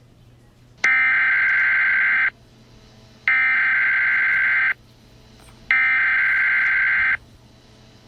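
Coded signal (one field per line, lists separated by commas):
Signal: Emergency Alert System (SAME) tones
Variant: header bursts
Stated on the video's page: Fictional EAS scenario made for entertainment.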